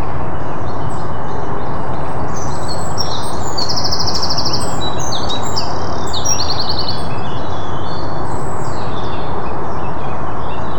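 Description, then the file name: Eurasian wren song, rapid high trills and twittering notes, half-buried under heavy low rumbling noise. "zaunkönig"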